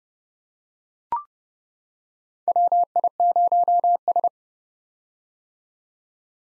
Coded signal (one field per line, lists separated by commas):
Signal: Morse code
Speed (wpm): 30 wpm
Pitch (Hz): 700 Hz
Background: none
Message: WI0S